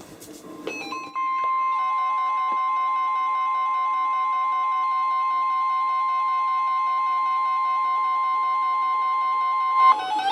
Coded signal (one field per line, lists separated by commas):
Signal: Emergency Alert System (SAME) tones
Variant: 1050 Hz attention tone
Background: music